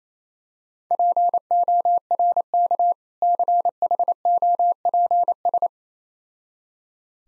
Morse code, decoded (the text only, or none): PORK CHOPS